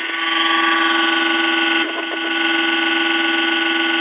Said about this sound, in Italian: Ogni tanto li parte l'embolo all'alimentatore switching, la ventola parte a manetta, a ronza, mi senti?